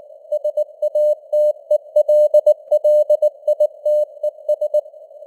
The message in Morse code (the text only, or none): SATELLITES